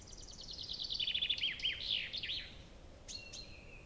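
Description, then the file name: Common chaffinch song, a quick cascade of sharp repeated notes dropping in pitch and ending in an emphatic flourish, then two short high calls near the end. "Fringilla coelebs"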